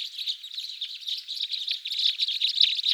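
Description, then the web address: Red crossbill calls: a dense, steady stream of short, high chipping notes overlapping each other for the full three seconds, as if several birds call together. Recorded in Slovenia. "Loxia curvirostra"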